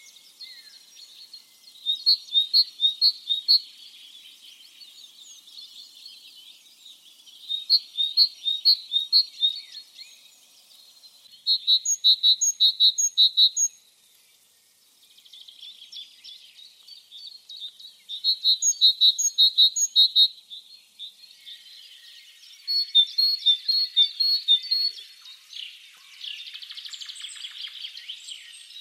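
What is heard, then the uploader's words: A bird sings in repeated bursts of high, rapid trills, each lasting about two seconds, roughly every five seconds. The notes are bright, quick and evenly spaced. Between phrases a faint, steady hiss of background noise remains, growing slightly denser near the end. SINGING BIRDS.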